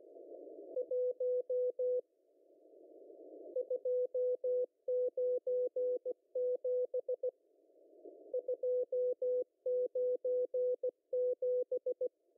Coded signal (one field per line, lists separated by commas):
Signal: Morse code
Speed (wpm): 16 wpm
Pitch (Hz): 500 Hz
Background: music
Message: 1 297 297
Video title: M12 5863kHz CW 0030UTC 03/10/2023